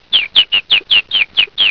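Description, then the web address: Bird calls: eight sharp, high chirps, each dropping quickly in pitch, repeated about every fifth of a second in an even series. "特酷声音素材库 动物 鸟 Bird"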